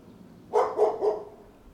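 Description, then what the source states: Dog barking: three quick, sharp barks in a rapid series. Recorded at Tai O.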